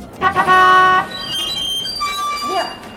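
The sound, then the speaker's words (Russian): A bus horn honks: two quick toots run into a loud, sustained, brassy blast lasting about a second, followed by quieter street noise with fainter tonal sounds. “Идиот! Автобус не видит!”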